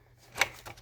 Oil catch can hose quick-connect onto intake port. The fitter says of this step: this side same thing get her on there click done